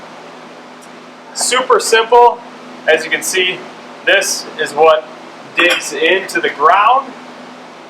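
Someone talks while handling the ground stake that digs into the ground for a MOJO Outdoors Elite Series Floater Mallard and Mini Mallard motorized duck decoy, about to push it into its mount over a small retaining bead. Under the voice there is a steady low hum and no sharp transients. Nothing has seated or clicked yet.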